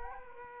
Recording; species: mosquito wingbeat signal from an infrared sensor; Culex quinquefasciatus